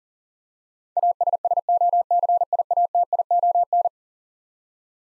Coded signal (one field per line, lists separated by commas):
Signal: Morse code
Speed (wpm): 40 wpm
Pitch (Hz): 700 Hz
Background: none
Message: ASSOCIATION